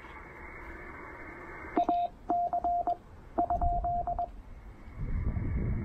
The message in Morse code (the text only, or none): AC?